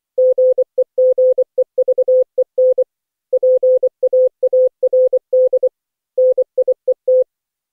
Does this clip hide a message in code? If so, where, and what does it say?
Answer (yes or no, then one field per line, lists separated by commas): yes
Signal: Morse code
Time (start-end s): 0.2-7.2 s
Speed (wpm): 15 wpm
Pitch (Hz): 510 Hz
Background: none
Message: GEGEVEN PAARD NIET